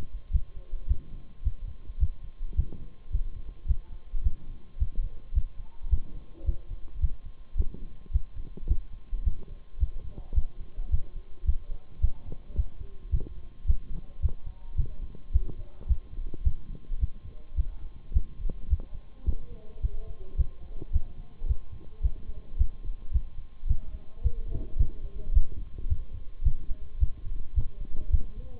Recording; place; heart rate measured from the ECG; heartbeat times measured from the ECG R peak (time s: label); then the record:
heart sounds by stethoscope; between the tricuspid and mitral areas; 108 bpm
0.33 s: heartbeat
0.89 s: heartbeat
1.44 s: heartbeat
2.00 s: heartbeat
2.57 s: heartbeat
3.12 s: heartbeat
3.68 s: heartbeat
4.24 s: heartbeat
4.79 s: heartbeat
5.35 s: heartbeat
5.91 s: heartbeat
6.46 s: heartbeat
7.02 s: heartbeat
7.57 s: heartbeat
8.13 s: heartbeat
8.69 s: heartbeat
9.25 s: heartbeat
9.80 s: heartbeat
10.35 s: heartbeat
10.91 s: heartbeat
11.46 s: heartbeat
12.02 s: heartbeat
12.56 s: heartbeat
13.12 s: heartbeat
13.67 s: heartbeat
14.22 s: heartbeat
14.77 s: heartbeat
15.33 s: heartbeat
15.88 s: heartbeat
16.44 s: heartbeat
17.00 s: heartbeat
17.57 s: heartbeat
18.14 s: heartbeat
18.70 s: heartbeat
19.26 s: heartbeat
19.82 s: heartbeat
20.38 s: heartbeat
20.93 s: heartbeat
21.48 s: heartbeat
22.03 s: heartbeat
22.58 s: heartbeat
23.13 s: heartbeat
23.68 s: heartbeat
24.23 s: heartbeat
24.78 s: heartbeat
25.34 s: heartbeat
25.89 s: heartbeat
26.45 s: heartbeat
27.00 s: heartbeat
27.55 s: heartbeat
28.11 s: heartbeat
From the record:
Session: Bruce protocol treadmill stress test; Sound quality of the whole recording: partially saturated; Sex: male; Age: 23 years